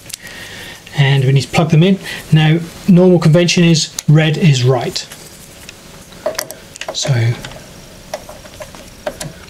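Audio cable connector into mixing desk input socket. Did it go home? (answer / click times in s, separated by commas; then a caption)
yes / 9.1 s, 9.2 s. An audio cable connector is plugged into an input socket on a radio studio mixing desk while someone talks. After some handling taps and rustles, the connector clicks into place with sharp clicks at 9.1 s and 9.2 s, and it is seated.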